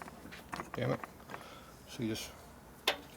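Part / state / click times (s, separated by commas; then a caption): quick disconnect fuel line coupler on motorcycle fuel supply fitting / released / 2.9 s. A quick-disconnect high-pressure fuel line coupler on the fuel supply fitting of a 2008 Harley-Davidson 110ci CVO Twin Cam FXD Dyna motorcycle engine is pushed up to unlatch it and then pulled out. Someone talks over light handling noises, and a single sharp tick at 2.9 s marks the coupler unlatching and releasing.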